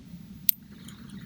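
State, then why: Seated. While reassembling the bolt of a Zastava M70 bolt-action hunting rifle, the steel firing pin assembly is screwed into the bolt, a small tooth is lifted at the right spot, and the part is turned until it seats. A single sharp, bright click at 0.5 s marks the part clicking into place, followed by a much fainter tick near 0.9 s over a low background hum.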